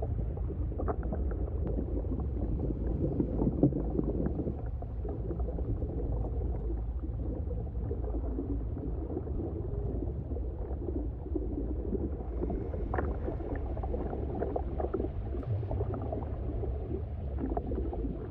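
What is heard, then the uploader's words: Deep underwater ocean rumble with steady low bubbling and gurgling, scattered soft knocks and clicks, and a slightly brighter wash after twelve seconds. CTHULHU UNDER THE OCEAN - Sounds from the Old Gods, Deep Ocean Sounds, Rockslides. Ocean sounds, bubbling, deep binaural sounds, falling rocks.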